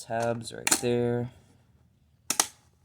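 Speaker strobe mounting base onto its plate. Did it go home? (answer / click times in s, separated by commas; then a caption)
yes / 2.3 s. Someone talks, then the mounting base of a System Sensor SEP-SPSWL fire alarm speaker strobe is pushed onto its mounting plate so its small tabs engage. A sharp, loud snap is heard at 2.3 s, with a second snap at 2.4 s. The base is seated and snapped into place.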